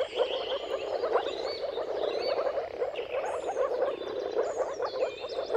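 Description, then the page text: Moor frog mating chorus as a constant muffled bubbling, overlaid by several birds giving whistled notes and trills. Mating-call chorus of many moor frogs at sunrise, turn of March and April, timing depending on the weather. "Dawn’s Chorus: Mating Calls of Marsh Frogs at Sunrise. Jakub-Orzecki moor frogs. Depending on the weather at the turn of March and April, you can witness an amazing spectacle of moor frogs"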